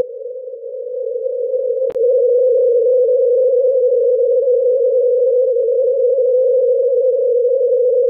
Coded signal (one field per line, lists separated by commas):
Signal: unidentified radio signal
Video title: Longwave VLF Signal of U.S. Navy Transmitter - NML from La Moure, North Dakota USA @ 25.2 kHz CW FSK